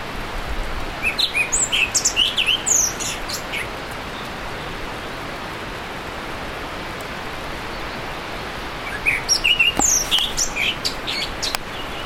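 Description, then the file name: Himalayan forest thrush uttering two bursts of rapid, scratchy chirping notes, separated by a long stretch of quiet hiss. "thrush-himalayan-forest -Zoothera-salimalii"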